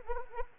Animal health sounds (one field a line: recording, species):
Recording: mosquito wingbeat signal from an infrared sensor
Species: Anopheles arabiensis